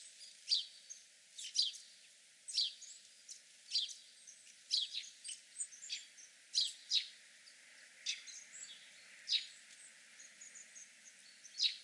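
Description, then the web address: House sparrow giving bright chirps roughly once a second, some doubled, with faint softer notes between them. "haussperling"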